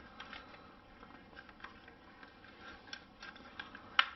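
A half-moon retainer is fitted onto the cord reel of a washing vacuum cleaner during a cord-reel spring repair: one end goes in first and the other end is pressed down. Light ticks and rustles run through the clip, with a small tick at about 3.6 s. The retainer clicks into place with a sharp, loud click at 4.0 s and is seated.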